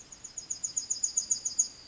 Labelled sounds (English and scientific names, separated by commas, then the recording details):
Yellowhammer (Emberiza citrinella) song
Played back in forest
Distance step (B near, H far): E
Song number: 157